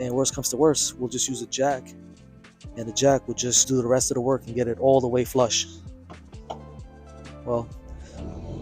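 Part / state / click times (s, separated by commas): plastic jack pad into car underbody jack point / seated / 6.5 s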